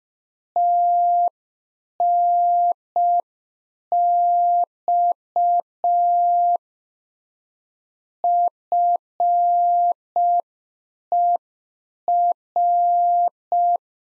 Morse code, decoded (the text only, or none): TNX FER